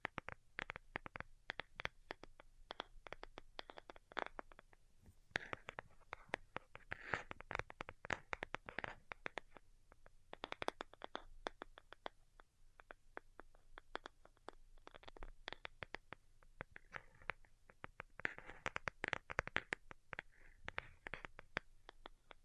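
Delicate tapping runs through the whole stretch as dense clusters of quick, light taps with a crisp, bright edge. The pace shifts between busier flurries and brief sparse moments, with a faint low hum sitting steadily underneath.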